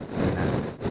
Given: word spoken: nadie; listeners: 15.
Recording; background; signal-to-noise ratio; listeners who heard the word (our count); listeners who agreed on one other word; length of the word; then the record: one Spanish word in noise, from a listening test; noise modulated by three-talker babble; -6.1 dB; 0 of 15; 6 of 15; 0.50 s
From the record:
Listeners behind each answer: 6, 4, 1, 1, 1, 1, 1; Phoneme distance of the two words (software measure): 17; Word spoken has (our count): 2 syllables, 5 phonemes, stress on syllable 1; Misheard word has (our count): 2 syllables, 4 phonemes, stress on syllable 1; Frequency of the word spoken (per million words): 325.70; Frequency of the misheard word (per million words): 631.49